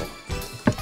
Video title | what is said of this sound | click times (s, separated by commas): 109 過去に未練 タイムマシンを作る デロリアン デアゴスティーニ BTTF Eaglemoss イーグルモス リアクターパーツ | しっかりはまりましたね。 | 0.7 s